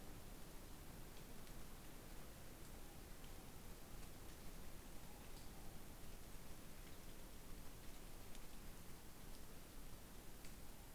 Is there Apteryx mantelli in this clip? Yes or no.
no